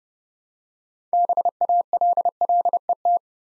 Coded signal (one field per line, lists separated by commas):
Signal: Morse code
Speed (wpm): 30 wpm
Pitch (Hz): 700 Hz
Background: none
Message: BALLET